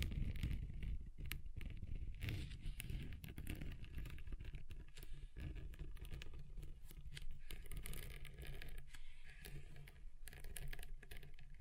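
Scratching across a table, a dense, rough scraping that runs without a break, with frequent sharp clicks and ticks scattered throughout over a low rumble.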